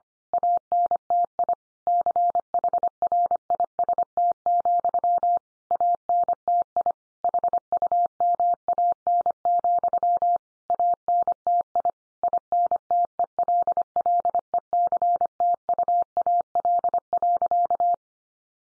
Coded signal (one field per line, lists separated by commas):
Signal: Morse code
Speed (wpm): 25 wpm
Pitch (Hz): 700 Hz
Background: none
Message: ANTI CHRIST, ANTI HUMAN, ANTI INTELLECTUAL.